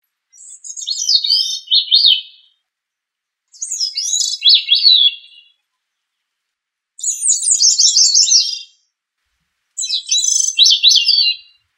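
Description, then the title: Thrush song: four high, warbled phrases of quick up-and-down notes. Each phrase lasts about two seconds, with pauses of one to two seconds between phrases, and no other sounds are present. "Familia Turdidae - Sabia"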